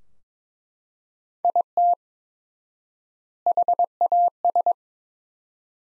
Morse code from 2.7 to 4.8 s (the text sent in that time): HAS